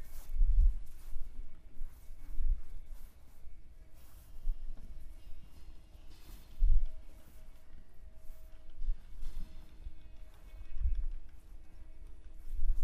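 A sound walk through the Saline Royale at Arc-et-Senans, part installation and part performance. A low, quiet ambience carries faint steady tones, broken by dull low thumps, possibly footsteps or knocks, near the start, around two seconds, at seven seconds and near eleven.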